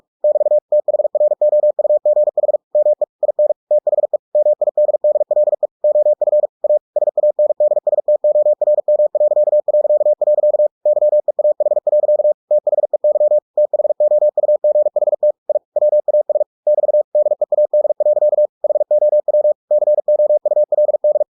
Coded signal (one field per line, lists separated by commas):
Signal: Morse code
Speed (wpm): 46 wpm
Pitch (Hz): 600 Hz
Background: none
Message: <BT> THROUGH ME IN THE MIDDLE OF A SANDSTORM... YEAH. THEY THOUGHT I WAS <BT> DEAD. HOW COULD